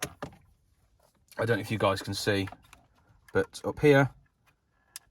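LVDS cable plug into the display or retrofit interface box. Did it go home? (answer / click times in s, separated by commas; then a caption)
yes / 5.0 s. On a MINI F56 CarPlay/Android Auto retrofit, the LVDS output cable is pushed into its socket up behind the display on the retrofit interface box while someone talks. A couple of short ticks sound near the start, and after a quiet pause a sharp click at 5.0 s confirms the connector has seated.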